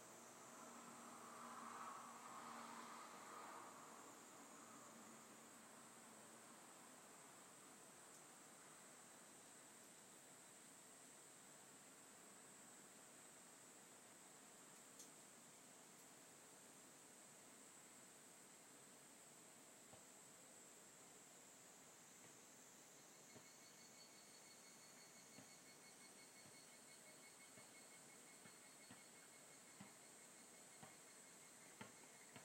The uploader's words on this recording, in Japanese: 田舎の夕方。ただただカナカナカナ。割と生活音。キレイなまんまるの月が出ていて、 過ごしやすい涼しい時間帯。